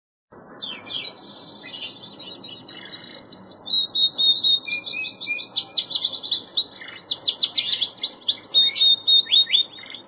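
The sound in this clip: Songbird singing continuously, long runs of quick high-pitched chirps and rattling trills, broken by a few clear whistles and brief pauses.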